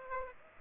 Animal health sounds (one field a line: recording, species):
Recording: mosquito wingbeat signal from an infrared sensor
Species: Aedes aegypti